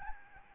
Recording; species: mosquito wingbeat signal from an infrared sensor; Aedes albopictus